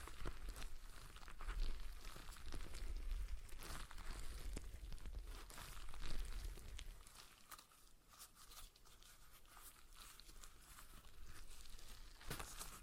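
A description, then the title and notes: A stress ball is squeezed and worked, giving a dense run of crinkling, crackling squishes with sharp little snaps scattered throughout. A low rumble underlies the first seven seconds, then drops away, leaving the crinkling thinner and quieter until a few louder bursts near the end. ASMR Relaxing Stress Ball Sounds (No Talking).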